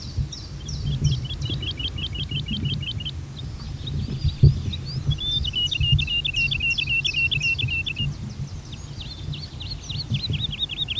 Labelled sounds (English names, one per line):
Wood Lark song